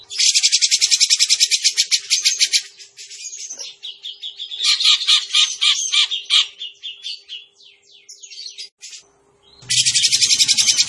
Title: Cucak Jenggot Gacor. Masteran Cucak Jenggot Suara Ngebren Jernih